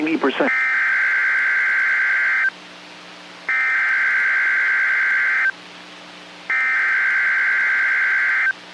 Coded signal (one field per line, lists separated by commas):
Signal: Emergency Alert System (SAME) tones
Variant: header bursts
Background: speech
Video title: Severe Thunderstorm Watch #98 [EAS #426]